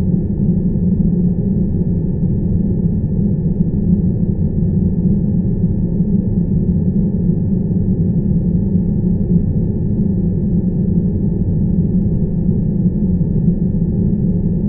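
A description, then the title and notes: Airplane cabin noise runs without a break, a thick low rumble and roar that stays at the same level throughout. The sound is dark and muffled, with nothing bright above it, and no distinct events stand out, only a faint steady hum underneath. 1 hour of uninterrupted airplane cabin noise for sleep. The drone of the airplane engine creates a uniform and steady background noise.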